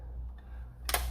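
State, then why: Seated. The plastic folding stock of a foam-dart flywheel blaster is folded in against the body, where a magnet catch holds it. A sharp snap is heard at 0.9 s as the stock seats closed onto the magnet.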